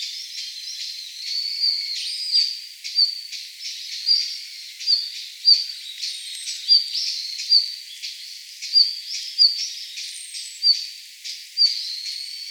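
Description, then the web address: Red-flanked bluetail calling: a steady series of short high notes with ticking clicks, repeated many times. Recorded on 25 November 2016. "birdenaga ruribitaki 161125"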